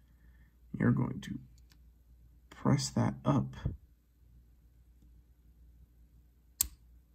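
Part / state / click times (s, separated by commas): binding pin in a padlock cylinder / seated / 6.6 s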